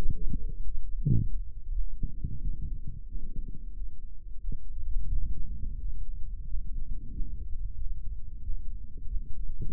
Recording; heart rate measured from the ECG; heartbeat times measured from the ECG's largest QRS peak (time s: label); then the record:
heart sounds by microphone in the right ear; 90 bpm
0.36 s: heartbeat
1.02 s: heartbeat
1.70 s: heartbeat
2.40 s: heartbeat
3.07 s: heartbeat
3.72 s: heartbeat
4.40 s: heartbeat
5.08 s: heartbeat
5.77 s: heartbeat
6.44 s: heartbeat
7.11 s: heartbeat
7.76 s: heartbeat
8.41 s: heartbeat
9.06 s: heartbeat
9.71 s: heartbeat
From the record:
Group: healthy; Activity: cold pressor test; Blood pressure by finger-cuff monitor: 141/91 mmHg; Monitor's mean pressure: 105 mmHg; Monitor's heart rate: 89 bpm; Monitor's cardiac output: 7.6 L/min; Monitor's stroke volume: 85 mL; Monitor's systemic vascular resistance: 1020 dyn s/cm5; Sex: male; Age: 57 years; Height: 188 cm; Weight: 106 kg